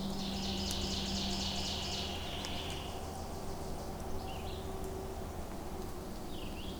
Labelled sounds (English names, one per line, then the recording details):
Red-eyed Vireo song
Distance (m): 80 m
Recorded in boreal forest in Alberta, Canada, on 26 May 2016 at 07:07
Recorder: SongMeter 3, array SBT-3-15
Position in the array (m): 111 m, 190 m